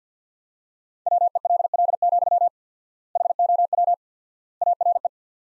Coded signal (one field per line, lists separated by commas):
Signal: Morse code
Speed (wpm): 50 wpm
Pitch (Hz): 700 Hz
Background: none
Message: WELL, HOW ARE